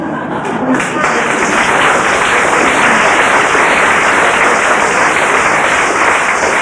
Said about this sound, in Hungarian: Nagyon örülök, hogy tapsolnak, mert én azt hiszem, hogy ez mind rokonszenves tulajdonság a Királyhegyinek, és megpróbálom önöknek ezt be is bizonyítani.